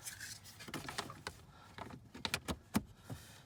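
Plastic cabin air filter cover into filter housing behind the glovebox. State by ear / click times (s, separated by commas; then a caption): seated / 2.2 s. A plastic cabin air filter cover for a 2018 Chrysler Pacifica Hybrid is oriented and pushed onto the filter housing behind the glovebox, with light rubbing and scraping of plastic. Its first side snaps in with a very subtle click at 2.3 s, followed by a few more small knocks as it seats.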